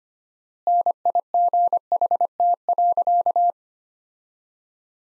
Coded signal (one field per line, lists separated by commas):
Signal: Morse code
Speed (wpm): 25 wpm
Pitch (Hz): 700 Hz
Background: none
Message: NIGHT.